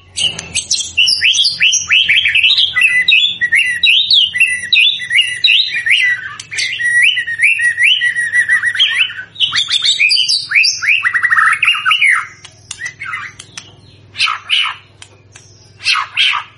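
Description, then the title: White-rumped shama song, a long continuous stream of quick varied whistled notes and trills, then a few sharp isolated chips near the end. Lure played to make the bird respond; singing energetically (gacor). "PANCINGAN MURAI BATU GACOR"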